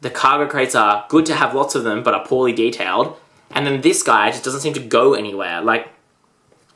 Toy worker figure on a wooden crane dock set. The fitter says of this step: sits here but because it's not clicking he's likely to fall out and he doesn't really fit anywhere else like because